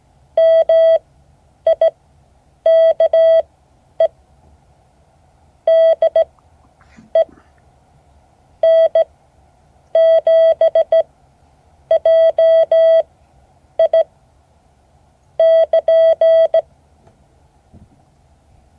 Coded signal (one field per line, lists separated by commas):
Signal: Morse code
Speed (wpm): 16 wpm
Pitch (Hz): 650 Hz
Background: none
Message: MIKE DE N7JI <KN>